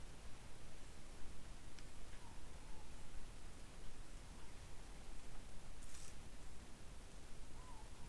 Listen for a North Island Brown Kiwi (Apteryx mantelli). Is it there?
no